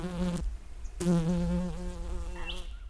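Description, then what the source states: Bee wing buzz, a low droning hum that cuts off briefly after half a second, then resumes steady for nearly two seconds before fading, with a faint high chirp near the end. White-striped bee recorded 07/11/16 at 7:09 am EST.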